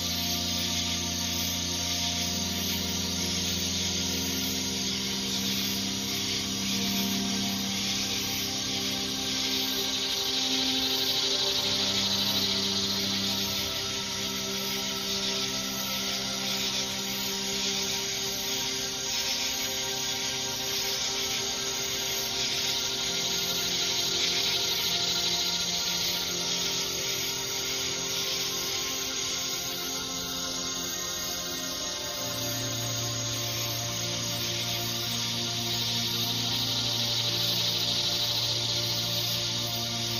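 A steady, dense hiss of insects fills the Everglades night, with low droning hums shifting underneath and a few chirps rising over it.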